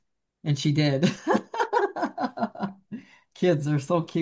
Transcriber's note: laughs